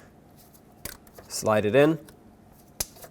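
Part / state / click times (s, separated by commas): wiring connector into fog light assembly socket / seated / 2.8 s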